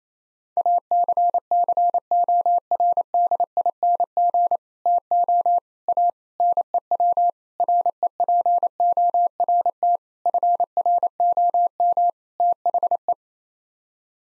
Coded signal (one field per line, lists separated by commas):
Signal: Morse code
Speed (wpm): 28 wpm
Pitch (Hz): 700 Hz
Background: none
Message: ACCORDING TO A NEW REPORT FROM THE